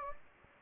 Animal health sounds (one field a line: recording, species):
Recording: mosquito wingbeat signal from an infrared sensor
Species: Anopheles gambiae